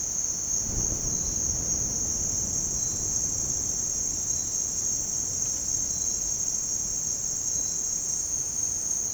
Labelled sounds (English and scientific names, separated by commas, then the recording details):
none
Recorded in dense forest near Puerto Asís, Putumayo, Colombia, on 24 June 2025 at 07:30
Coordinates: 0.499, -76.324
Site G100